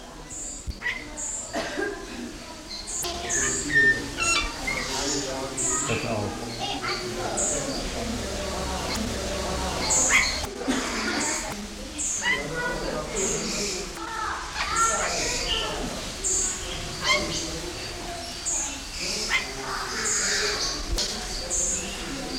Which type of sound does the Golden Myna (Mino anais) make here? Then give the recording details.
call. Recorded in captivity. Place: Zoo Berlin, Berlin, DE. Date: 1992-10-24 12:00. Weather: bedeckt, 4-6°C. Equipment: Marantz CP 430, Sennheiser ME 80, Kopie Tesla B 116. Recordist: Tembrock, Günter